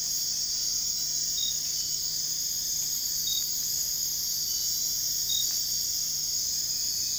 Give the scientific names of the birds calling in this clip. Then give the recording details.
none. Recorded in dense forest near Puerto Asís, Putumayo, Colombia, on 21 February 2024 at 05:00. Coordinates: 0.485, -76.318. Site G6408